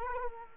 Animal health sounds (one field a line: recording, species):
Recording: mosquito wingbeat signal from an infrared sensor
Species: Culex quinquefasciatus